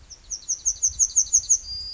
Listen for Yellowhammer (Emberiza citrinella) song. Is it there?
yes